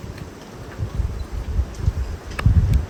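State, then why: Seated. A carved wooden stick, the gnomon of an improvised sun compass, is pushed into a square notch cut in a wooden base. Low rumble and rustling run under the clip until a sharp snap at 2.4 s as the stick seats in the notch, followed by a fainter tick. The stick is seated firmly in place.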